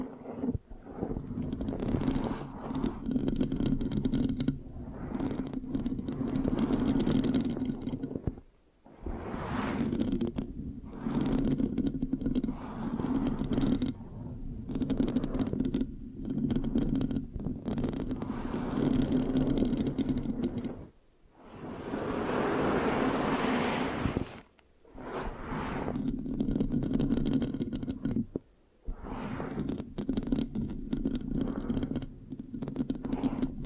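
Mic scratching and sticky tapping sounds fill the clip in dense, continuous bursts with a steady low rumbling undertone. Brief silences break it near 9, 21 and 28 seconds, and a brighter, hissier stretch of scratching runs from about 22 to 25 seconds.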